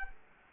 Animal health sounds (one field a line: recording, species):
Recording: mosquito wingbeat signal from an infrared sensor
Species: Culex quinquefasciatus